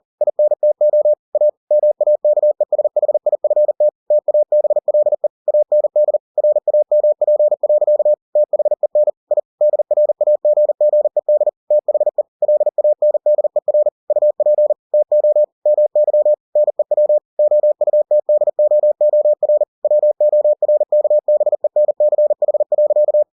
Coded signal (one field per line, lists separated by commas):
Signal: Morse code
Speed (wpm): 40 wpm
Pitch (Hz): 600 Hz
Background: none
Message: INTO A MAKESHIFT TABLE AND RAMP. THEN I DRAGGED THE LANDER UP TO MY NEW OUTDOOR WORKBENCH.